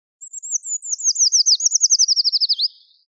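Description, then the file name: Eurasian treecreeper giving one high, thin, descending phrase: a few soft lead notes, then a quick run of repeated trilled notes closing with an upward flick. "Miškinis Liputis Eurasian Treecreeper - Certhia familiaris"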